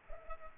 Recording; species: mosquito wingbeat signal from an infrared sensor; Culex pipiens